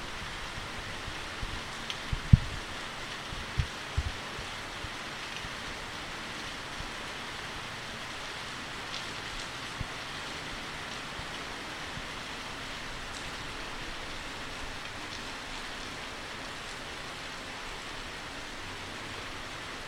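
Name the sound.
rain falling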